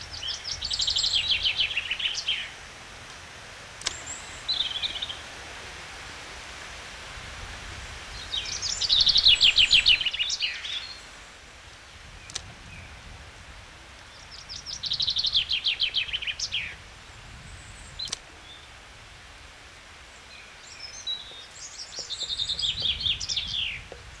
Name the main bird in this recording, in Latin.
Fringilla coelebs